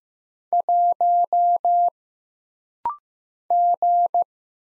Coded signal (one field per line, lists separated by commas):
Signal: Morse code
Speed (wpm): 15 wpm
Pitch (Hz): 700 Hz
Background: none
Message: 1 G